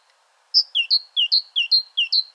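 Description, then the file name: Great tit repeating a bright two-note phrase, a high note then a lower one, about five times in steady rhythm. "Parus major"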